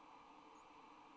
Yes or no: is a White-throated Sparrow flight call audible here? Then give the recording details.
no. Another species' flight call is heard. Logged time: 08:13 on 26 November 2014